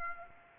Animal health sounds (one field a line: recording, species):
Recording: mosquito wingbeat signal from an infrared sensor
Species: Aedes aegypti